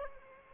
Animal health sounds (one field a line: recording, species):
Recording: mosquito wingbeat signal from an infrared sensor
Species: Aedes aegypti